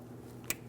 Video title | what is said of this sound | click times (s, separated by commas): How to Replace Fuel Tank Filler Neck 2005-2010 Chrysler 300 | Slide it in. Listen for an audible click from each side. | 0.5 s